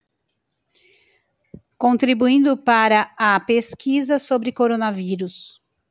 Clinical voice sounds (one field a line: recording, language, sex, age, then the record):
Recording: spoken sentence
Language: Brazilian Portuguese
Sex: female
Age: 50 to 59 years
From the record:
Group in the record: control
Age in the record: 59 years